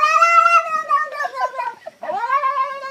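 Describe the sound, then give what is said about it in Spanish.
A cat yowls in long, wailing, strained cries, the pitch bending and wavering, with a brief gap before a rising, drawn-out howl that sounds almost unhinged. “O simplemente parecen estar poseídos.”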